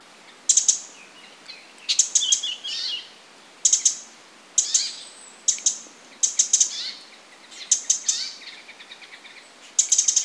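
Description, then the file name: Eurasian wren clicking calls: short bursts of dry, sharp ticks in quick clusters of several, repeated roughly every one to two seconds. "Troglodytes troglodytes"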